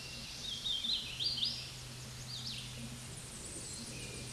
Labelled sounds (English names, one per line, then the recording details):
Hooded Warbler song
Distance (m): 100 m
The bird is about 20 m above the microphone
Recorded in a Pennsylvania forest on 16 May 2024 at 09:50
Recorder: AudioMoth, point MSD-2107
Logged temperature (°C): 16.1 °C
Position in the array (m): -44 m, 175 m